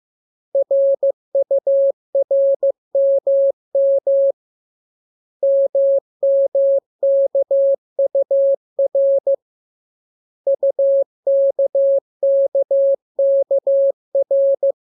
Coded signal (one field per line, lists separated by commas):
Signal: Morse code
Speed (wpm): 15 wpm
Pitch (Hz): 550 Hz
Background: none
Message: RURMM MMKUR UKKKR